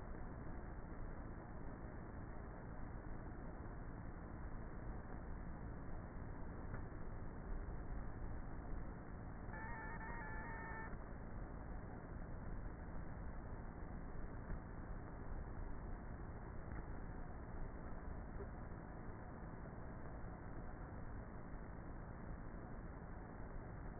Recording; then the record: honeybee colony, microphone inside the hive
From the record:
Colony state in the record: queenless with a low population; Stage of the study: before two queens were removed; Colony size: about 30,000 bees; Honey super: no